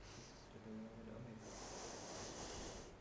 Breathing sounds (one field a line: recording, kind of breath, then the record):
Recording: one breath in and out by a microphone near the nose and mouth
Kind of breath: deep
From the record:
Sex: female